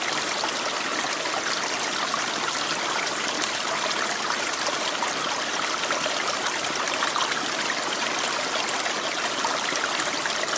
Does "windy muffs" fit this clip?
no